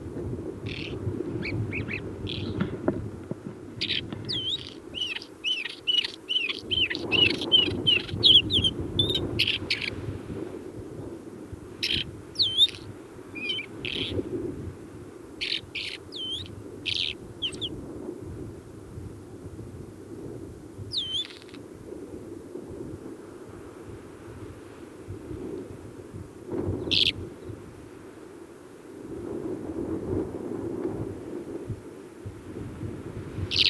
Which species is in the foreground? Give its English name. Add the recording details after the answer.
Isabelline Wheatear. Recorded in the wild. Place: Wüste Gobi, MN. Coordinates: 42.795, 105.032. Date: 1979-06-03 13:20. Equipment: Nagra III BH, Sennheiser MD 21, parabola. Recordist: Schubert, Michael